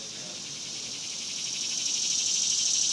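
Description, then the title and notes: Cicada chorus giving a steady shrill buzz with a fast pulsing texture, growing gradually louder. Daytime, outdoors in a cemetery, summer. "Ext, Daytime Cicadas, Cemetery, Summer"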